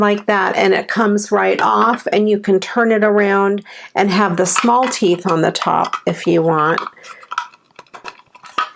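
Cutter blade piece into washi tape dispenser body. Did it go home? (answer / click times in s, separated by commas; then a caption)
yes / 8.6 s. Someone talks while the plastic cutter piece of a washi tape dispenser is pushed off, turned around so its small teeth face up, and pushed back onto the dispenser body. After the talking stops, a few small plastic taps and clicks follow, and the piece seats with a click at 8.6 s as the little pieces at the back lock into place.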